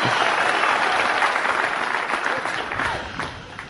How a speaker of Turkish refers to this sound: Bu akşam yüksek alkışlarınızla. Alkışlarınızla. Videomuzda konuğumuz oldular.